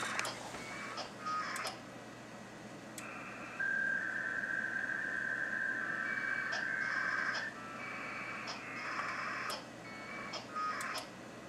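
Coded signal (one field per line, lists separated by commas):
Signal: packet radio (AX.25, as in APRS)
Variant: HF packet, 300 baud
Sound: two long bursts of rapid warbling two-tone data near 1.7 kHz, with clicks and hum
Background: radio static, mains hum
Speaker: that just went to transmit on HF that's if you can hear it that was the packet on HF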